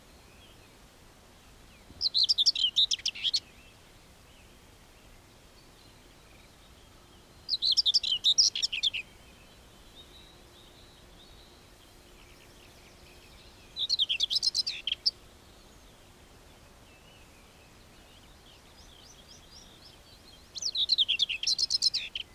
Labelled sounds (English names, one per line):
Common Whitethroat song